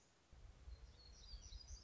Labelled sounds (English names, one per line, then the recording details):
Black-throated Gray Warbler
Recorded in Sonoma County, California